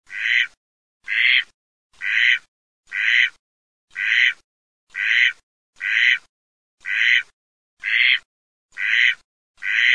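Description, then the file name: Mallard quacking: a steady series of harsh, nasal quacks about once a second, each of equal length, with silence between them. "GERMANI"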